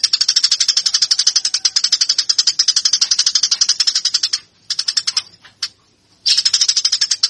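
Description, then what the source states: Eurasian tree sparrow pouring out a long burst of quick, shrill chirps, then shorter broken bursts after a pause, resuming fast at the end. Fighting (tarung) song style; used as master training material.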